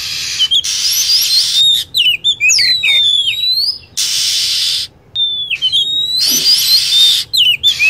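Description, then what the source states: Lovebird calling with shrill, buzzy screeching and bright whistled sweeps that curve down, nearly continuous with only a short pause midway. Recording used as a lure sound to attract birds.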